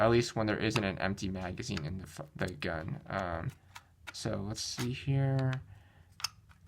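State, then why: Seated. Someone talks while reassembling an Umarex HK USP 9 mm gas blowback airsoft pistol after replacing its loading nozzle and demonstrating its slide lock. At 6.2 s the slide lock part is let go and drops into place in the pistol frame with a short, sharp click, confirming it has seated.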